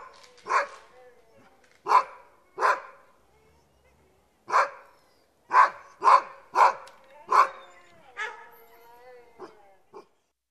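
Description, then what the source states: Dog barking: several sharp barks at uneven intervals, some in quick succession, followed by a drawn-out whine near the end. Many dogs, whining and barking.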